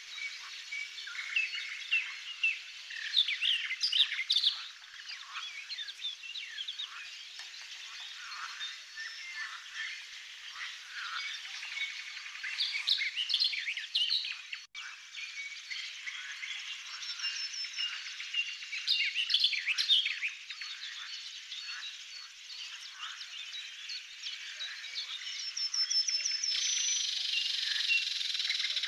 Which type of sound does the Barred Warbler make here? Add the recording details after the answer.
song. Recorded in the wild. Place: Pripyatskiy NP, BY. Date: 2005-05-27. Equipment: Minidisc Sony MZ-R35, Telinga DAT, Telinga-Parabolspiegel. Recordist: Schwarz, Dieter